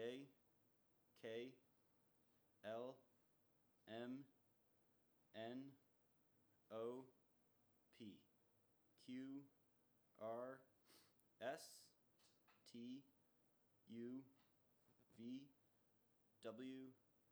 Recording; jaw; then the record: letters of the alphabet, spoken; free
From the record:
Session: first day, before the bite bar